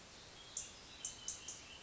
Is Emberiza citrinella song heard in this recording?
no